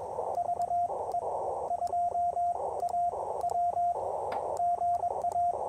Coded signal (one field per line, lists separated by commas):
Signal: Morse code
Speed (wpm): 21 wpm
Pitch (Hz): 700 Hz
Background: radio noise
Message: VE2AW GA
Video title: Unmatched QRP Performance: POTA Activation with the Ten-Tec Argonaut VI!